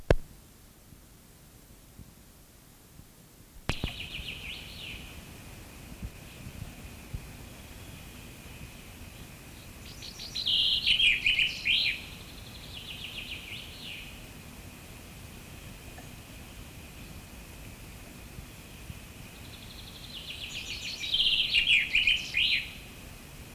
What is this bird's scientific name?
Fringilla coelebs